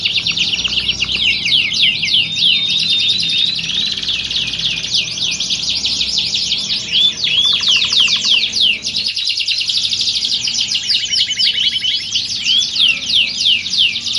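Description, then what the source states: Canary song, a dense, continuous run of rapid rolling trills and chirps, shifting between fast warbles and slower bubbling phrases throughout. Belgian canary warm-up song used to prepare canaries for singing contests, a contest simulation meant to train the mental readiness of champion contest canaries.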